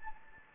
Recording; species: mosquito wingbeat signal from an infrared sensor; Anopheles gambiae